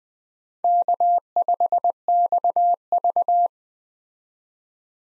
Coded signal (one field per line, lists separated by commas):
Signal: Morse code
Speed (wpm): 20 wpm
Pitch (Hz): 700 Hz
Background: none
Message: K5XV